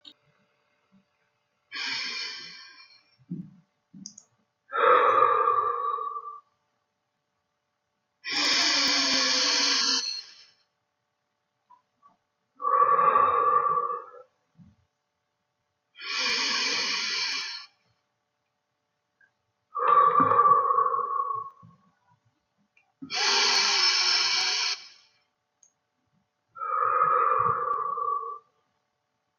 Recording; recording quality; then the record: deep breathing; excellent, no background noise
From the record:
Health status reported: recovered from COVID-19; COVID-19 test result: positive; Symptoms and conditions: cold, fever, fatigue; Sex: male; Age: 30 years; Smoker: not ticked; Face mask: not worn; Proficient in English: no